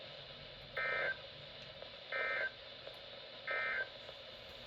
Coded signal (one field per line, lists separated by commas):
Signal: Emergency Alert System (SAME) tones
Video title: Tests (EAS 488-492)